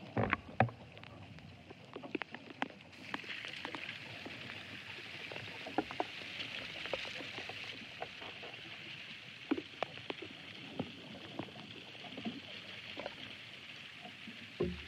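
Interior sounds of an ash tree: a steady, airy hiss runs throughout, brightest in the upper middle range. Over it come frequent sharp clicks and small cracks at irregular intervals, a few louder knocks near the start and at the very end.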